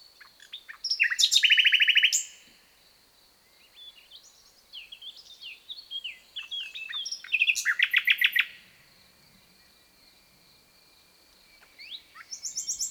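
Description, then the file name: Common nightingale song with loud bursts of rapid repeated notes, varied whistles and chirps between them, and a thin steady high tone in the background. "Luscinia megarhynchos"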